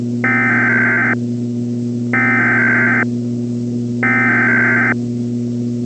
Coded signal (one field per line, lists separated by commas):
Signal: Emergency Alert System (SAME) tones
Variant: header bursts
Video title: The Big One (EAS Scenario)